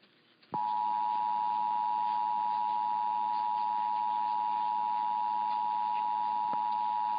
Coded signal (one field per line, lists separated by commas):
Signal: Emergency Alert System (SAME) tones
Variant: 853 and 960 Hz attention tone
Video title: You're a Mean One, Mr Colorado (EAS #14345-14361) 12/19-20/23